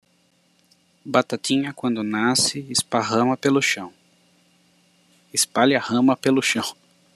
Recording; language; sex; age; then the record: short text; Brazilian Portuguese; male; 40 to 49 years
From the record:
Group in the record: control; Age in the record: 41 years